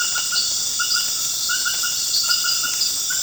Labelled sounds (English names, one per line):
none